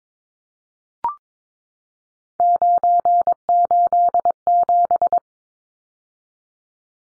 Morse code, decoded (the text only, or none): 987